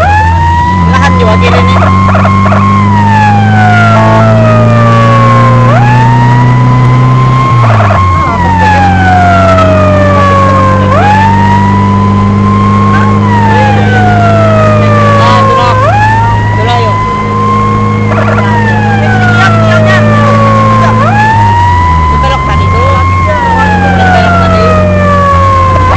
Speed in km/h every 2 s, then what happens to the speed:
47, 56, 63, 66, 68, 72, 75, 78, 76, 78, 80, 76, 79.
0-13 speeds up to 78. 13-26 steady at about 78.